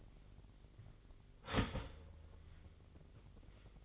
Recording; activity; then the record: daily activity, microphone in the room; start toaster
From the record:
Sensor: 4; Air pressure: 1002.7 hPa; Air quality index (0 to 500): 233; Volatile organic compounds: 16 ppm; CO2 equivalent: 2530 ppm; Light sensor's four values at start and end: 21/74/27/27 and 19/63/23/23